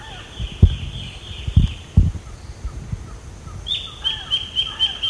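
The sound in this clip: Bird calls, short thin chirps and a drawn-out high note, with a rapid run of chirps near the end, over thuds and low rumbling noise.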